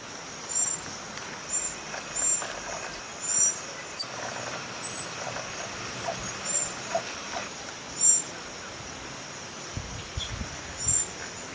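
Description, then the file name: Black-backed tanager giving thin, very high-pitched short notes, repeated irregularly over a steady hiss of background noise. "canto da saira sapucaia"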